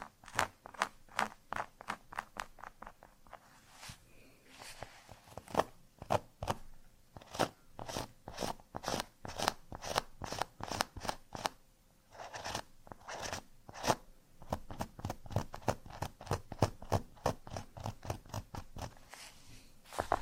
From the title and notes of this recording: Scratching on Cork (NO TALKING).